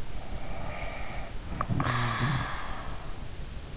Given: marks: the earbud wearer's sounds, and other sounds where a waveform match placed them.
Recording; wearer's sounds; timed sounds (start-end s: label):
sounds in sleep by an in-ear microphone; snoring breath
0.18-3.17 s: snoring breath